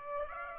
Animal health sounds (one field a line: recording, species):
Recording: mosquito wingbeat signal from an infrared sensor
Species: Aedes aegypti